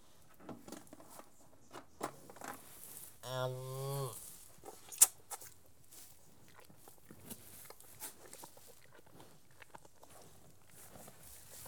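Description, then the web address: Cattle calf gives one short, wavering moo early on, amid clicking, knocking and rustling feeding noises. Several young calves recorded while feeding. "The BBC Sound Effects Library. Young Calves Feeding"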